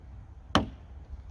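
The plastic window belt molding on a Hyundai Sonata car door is pulled straight up off the door, giving one loud, sharp snap at 0.6 s against a quiet background. The snap comes from a piece fitted in a screw hole getting pulled up over a hump, and the molding releases from the door, though its other end also catches.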